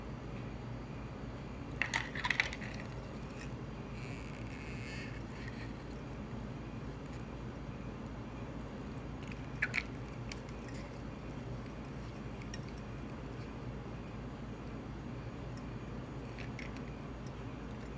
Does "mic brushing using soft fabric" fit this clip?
no